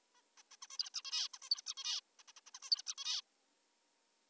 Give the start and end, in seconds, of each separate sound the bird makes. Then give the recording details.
0.15-0.22, 0.38-0.42, 0.52-0.56, 0.62-0.67, 0.71-0.78, 0.79-0.90, 0.94-1.02, 1.05-1.28, 1.34-1.38, 1.42-1.49, 1.51-1.62, 1.66-1.74, 1.77-2.01, 2.19-2.23, 2.28-2.32, 2.37-2.40, 2.47-2.50, 2.55-2.59, 2.63-2.70, 2.71-2.82, 2.87-2.94, 2.98-3.21. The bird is an adult. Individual g19o3U